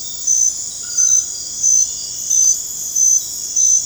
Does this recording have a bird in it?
no